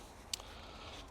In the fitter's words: Give it a push and you should hear a definite click.